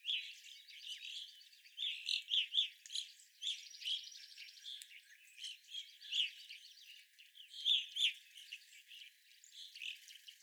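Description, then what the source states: Evening grosbeaks give a busy chorus of clear chirps, overlapping and continuous, with one short buzzy trill midway. Several evening grosbeaks recorded on 25 April 2021.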